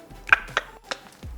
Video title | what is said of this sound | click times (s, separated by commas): Oz Armours New Multi Tool Kit! | straight in two clicks and you're good | 0.3 s, 0.6 s